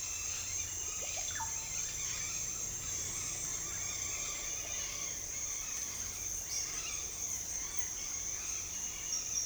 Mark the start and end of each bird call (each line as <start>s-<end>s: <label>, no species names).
0.00s-9.46s: bird call